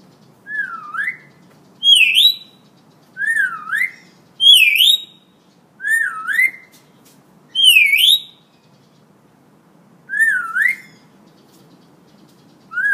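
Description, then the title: Hill myna giving a series of loud, dipping V-shaped whistles, mostly alternating between lower and higher pitched notes, one every few seconds. Tutor recording for training birds; the myna is described as gacor, singing vigorously and often. "Suara Burung Beo Gacor Cocok Untuk Masteran"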